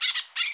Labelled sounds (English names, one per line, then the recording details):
Brown-throated Parakeet contact call
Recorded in Bonaire
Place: just S of turnoff to Cai, near Lac Bay
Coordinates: 12.126, -68.239